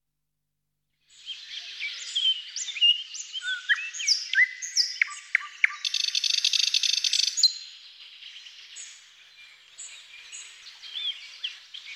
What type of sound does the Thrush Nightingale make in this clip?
song